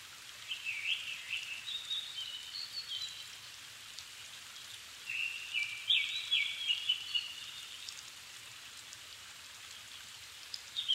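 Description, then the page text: Japanese thrush sings softer whistled phrases, with a clearer flurry midway, over a steady hiss. Nikko, Japan; recorded 7 May 2011 at 17:59, in the evening, at about 270 m, with a Sony PCM-D50 and Panasonic WM-61A mics. "Turdus cardis [Sounds -Nikko Today-]"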